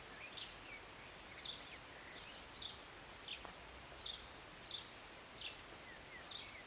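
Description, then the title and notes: Bird chirps, high and sharp, with short lower sliding notes between them, all over a steady patter of rain. Birds singing and chirping from a city balcony on a Sunday morning during a short rain, with an occasional plane. "Rainy Morning with Birds Chirping. Was sitting on my balcony on a Sunday morning, enjoying a cup of tea and the birds. Enjoy the short rain in the morning with birds singing and chirping beautifully. And an occasional plane. Believe it or not, this was recorded in the city"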